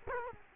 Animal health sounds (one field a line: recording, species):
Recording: mosquito wingbeat signal from an infrared sensor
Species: Culex quinquefasciatus